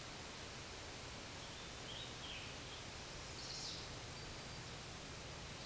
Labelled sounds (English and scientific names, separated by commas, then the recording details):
Scarlet Tanager (Piranga olivacea) song
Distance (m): 45 m
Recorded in a Pennsylvania forest on 19 May 2023 at 13:59
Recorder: AudioMoth, point grid1_2_low
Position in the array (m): 153 m, 63 m